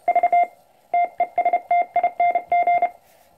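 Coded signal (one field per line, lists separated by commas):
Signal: Morse code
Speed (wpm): 32 wpm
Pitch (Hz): 700 Hz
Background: none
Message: V TESTING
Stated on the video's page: Touch keyer sending on a converted YouKits HB-1B QRP radio, with adjustable keyer speed.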